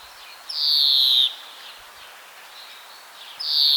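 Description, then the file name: European greenfinch wheeze: one long buzzy note that falls slightly in pitch, then a second wheeze beginning near the end. "Chloris chloris"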